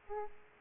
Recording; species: mosquito wingbeat signal from an infrared sensor; Aedes aegypti